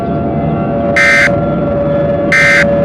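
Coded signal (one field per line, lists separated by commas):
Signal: Emergency Alert System (SAME) tones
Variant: end-of-message bursts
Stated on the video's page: Simulated EAS scenario, not a real alert.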